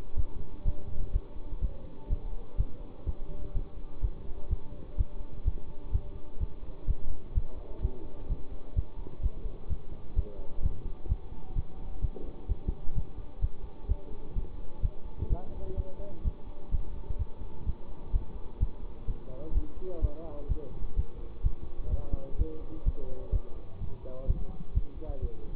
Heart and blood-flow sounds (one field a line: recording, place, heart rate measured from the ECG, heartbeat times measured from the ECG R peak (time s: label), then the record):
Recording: heart sounds by stethoscope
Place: between the tricuspid and mitral areas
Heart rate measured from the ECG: 127 bpm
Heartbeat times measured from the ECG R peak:
0.15 s: heartbeat
0.63 s: heartbeat
1.11 s: heartbeat
1.60 s: heartbeat
2.08 s: heartbeat
2.56 s: heartbeat
3.04 s: heartbeat
3.52 s: heartbeat
4.00 s: heartbeat
4.48 s: heartbeat
4.96 s: heartbeat
5.43 s: heartbeat
5.91 s: heartbeat
6.38 s: heartbeat
6.85 s: heartbeat
7.33 s: heartbeat
7.80 s: heartbeat
8.27 s: heartbeat
8.74 s: heartbeat
9.21 s: heartbeat
9.67 s: heartbeat
10.14 s: heartbeat
10.60 s: heartbeat
11.07 s: heartbeat
11.54 s: heartbeat
12.00 s: heartbeat
12.47 s: heartbeat
12.93 s: heartbeat
13.40 s: heartbeat
13.87 s: heartbeat
14.34 s: heartbeat
14.80 s: heartbeat
15.28 s: heartbeat
15.75 s: heartbeat
16.22 s: heartbeat
16.69 s: heartbeat
17.17 s: heartbeat
17.64 s: heartbeat
18.11 s: heartbeat
18.58 s: heartbeat
19.06 s: heartbeat
19.52 s: heartbeat
19.99 s: heartbeat
20.47 s: heartbeat
20.94 s: heartbeat
21.41 s: heartbeat
21.89 s: heartbeat
22.37 s: heartbeat
22.84 s: heartbeat
23.31 s: heartbeat
23.79 s: heartbeat
24.25 s: heartbeat
24.72 s: heartbeat
25.20 s: heartbeat
From the record:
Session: bicycle stress test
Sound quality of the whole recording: good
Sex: male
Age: 24 years